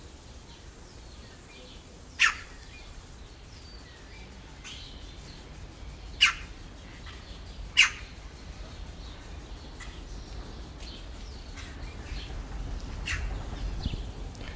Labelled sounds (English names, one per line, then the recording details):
Red-rumped Cacique call
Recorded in captivity
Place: Zoo Berlin, Berlin, DE
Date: 1996-06-01 13:31
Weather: sonnig, 22°C
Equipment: Sony MD-WM MZ-R3, Sennheiser MKH 416 T, Kopie Uher 4000 Report Monitor
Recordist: Tembrock, Günter